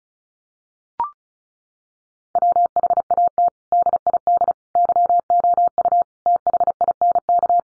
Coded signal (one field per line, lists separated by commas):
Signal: Morse code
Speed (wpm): 34 wpm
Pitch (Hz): 700 Hz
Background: none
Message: WHAT DID YOU THINK